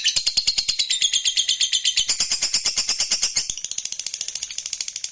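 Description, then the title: Lovebird trill: a fast, continuous run of high, scratchy notes that holds steady and then softens slightly near the end. Fighter-type lovebird giving ngekek, the long trilling song style. "Begitu Dengar Suara Lovebird FIGHTER NGEKEK PANJANG"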